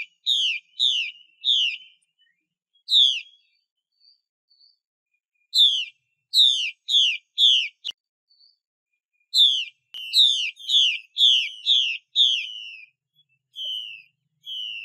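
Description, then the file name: Chinese hwamei song: bursts of sharp, falling whistled notes, some in fast runs and others spaced apart, with faint soft notes between phrases. "Tieng chim hoa mi mai xuy"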